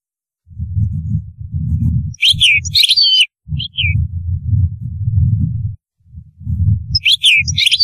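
European goldfinch song: short bursts of high liquid twittering with quick sliding notes, in a few bouts, over a loud, low, pulsing rumble.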